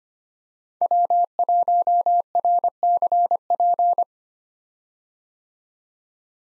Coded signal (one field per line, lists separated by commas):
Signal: Morse code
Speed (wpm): 25 wpm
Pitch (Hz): 700 Hz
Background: none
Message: W1RCP